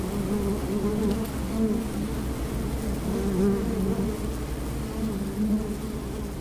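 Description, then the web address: Bee buzz, a continuous low drone that wavers slightly in pitch and loudness over several seconds. "Bienen lang. gymnasium kenzingen"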